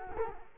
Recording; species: mosquito wingbeat signal from an infrared sensor; Culex quinquefasciatus